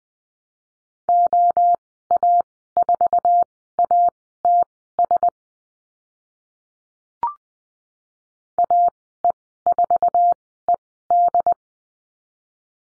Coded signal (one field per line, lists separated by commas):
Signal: Morse code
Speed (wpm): 20 wpm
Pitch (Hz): 700 Hz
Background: none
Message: OA4ATS AE4ED